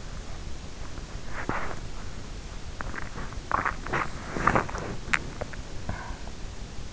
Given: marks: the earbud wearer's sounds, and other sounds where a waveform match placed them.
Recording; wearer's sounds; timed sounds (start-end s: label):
sounds in sleep by an in-ear microphone; body movement, swallowing, talking in sleep
0.86-6.32 s: body movement
2.56-5.32 s: swallowing
5.50-6.22 s: talking in sleep